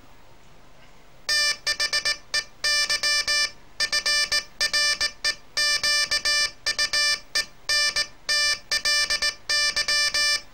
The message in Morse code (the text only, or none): THEY FREQUENTLY